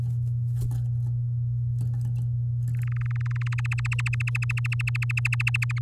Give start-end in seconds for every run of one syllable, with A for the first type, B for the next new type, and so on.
2.75-3.60 A, 3.64-5.79 B